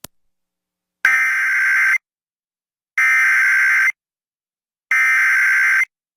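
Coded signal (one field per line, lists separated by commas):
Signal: Emergency Alert System (SAME) tones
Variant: header bursts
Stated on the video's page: Flash flood warning carried on KOGO-AM.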